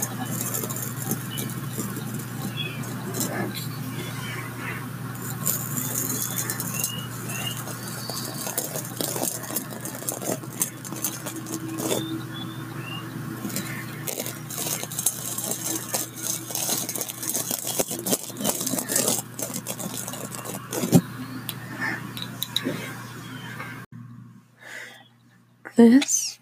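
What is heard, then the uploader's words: Tapping and brushing sounds run almost without pause, a dense, busy layer of soft scrapes and small clicks with sharper taps scattered throughout. A steady low hum sits underneath. Near the end the sound drops out, then a few final louder taps arrive around 25 seconds. Tapping and brushing sounds. The types of brushes I used where new paint brushes that sounded amazing!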